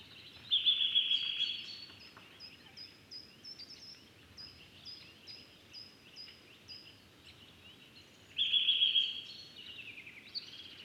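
Eurasian nuthatch giving loud, sharp piping bursts twice, each about a second long, with a quieter series of short high notes repeated in between.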